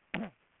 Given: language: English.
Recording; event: throat vibration sensor signal played as sound; throat clearing